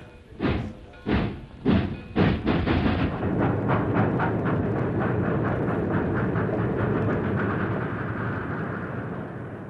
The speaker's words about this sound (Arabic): أهي رحلة، القطر هيتحرك.